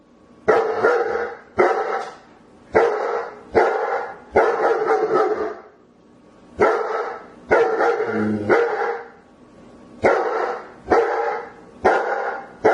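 German Shepherd giving a long run of many loud, rough barks in irregular bursts with short gaps.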